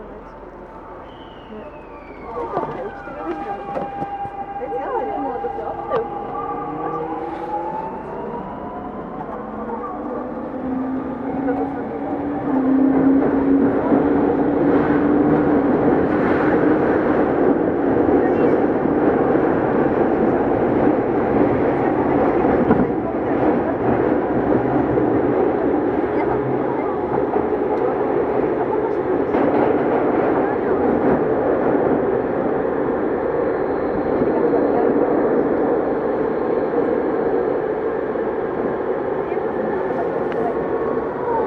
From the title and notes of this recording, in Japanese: 東急2000系 渋谷〜あざみ野。急行運用を録音。ステンレス鋼製20m級軽量車体の4扉車である。